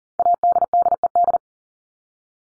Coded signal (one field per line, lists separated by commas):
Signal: Morse code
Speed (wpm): 40 wpm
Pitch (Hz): 700 Hz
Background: none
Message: ADDED